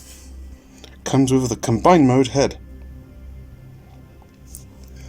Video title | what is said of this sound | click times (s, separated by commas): Mega Morphers Combination Robot 3-in-1 | And that just locks into place. | 4.6 s